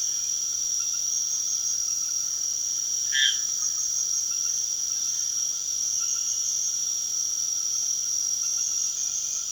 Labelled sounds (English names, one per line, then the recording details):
none
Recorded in pastures near Puerto Asís, Putumayo, Colombia, on 12 March 2025 at 23:30
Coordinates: 0.497, -76.327
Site G072